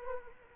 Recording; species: mosquito wingbeat signal from an infrared sensor; Culex quinquefasciatus